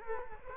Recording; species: mosquito wingbeat signal from an infrared sensor; Culex quinquefasciatus